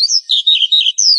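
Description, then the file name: Horsfield's bush lark song, a short burst of high, twittering warbled notes, slurred up and down, with nothing else audible. "suara burung branjangan"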